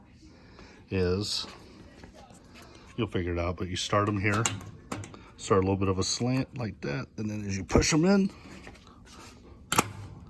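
Someone talks while a plastic hole cover plug is started at a slant and pushed into one of the vacated bolt holes in a washer cabinet, during setup of the washer with a Maytag MHN33 PR base. Two sharp snaps at 9.7 s and 9.8 s mark the plug seating in the hole.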